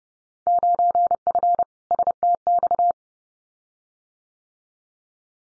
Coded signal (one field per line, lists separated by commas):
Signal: Morse code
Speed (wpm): 30 wpm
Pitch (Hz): 700 Hz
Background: none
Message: 9F STX